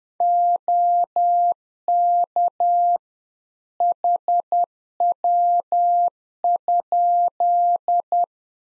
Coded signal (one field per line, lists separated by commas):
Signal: Morse code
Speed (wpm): 10 wpm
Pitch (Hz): 700 Hz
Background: none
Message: OK HW?